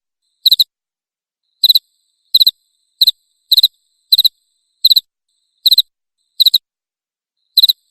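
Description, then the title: Cricket chirping loudly, ten chirps, each a tight cluster of two or three high pulses, repeated at uneven intervals. Loud cricket chirping meant to make a lovebird keep singing (ngekek). "Suara JANGKRIK NGERIK Keras Bikin LOVEBIRD Jadi NGEKEK Terus Vubey"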